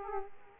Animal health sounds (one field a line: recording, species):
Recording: mosquito wingbeat signal from an infrared sensor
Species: Aedes aegypti